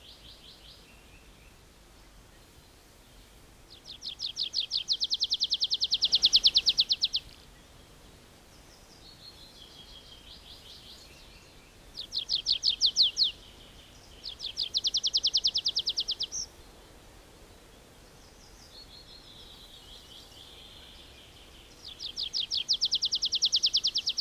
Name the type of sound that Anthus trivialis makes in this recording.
song